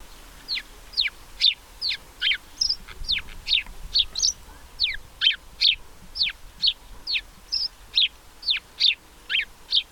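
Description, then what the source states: House Sparrow scolding chatter, a steady series of sharp, harsh chirps, about two per second, going on throughout. Loud scolding and chattering in bushes along the Landwehrkanal in Berlin.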